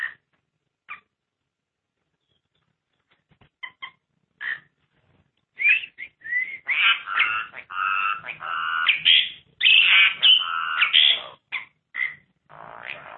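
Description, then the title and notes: Starling song: a few scattered squeaky notes, then a dense run of chattering, whistled and harsh phrases that grows fuller through the second half, with quiet gaps between bursts. "suara burung jalak"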